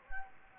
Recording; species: mosquito wingbeat signal from an infrared sensor; Anopheles gambiae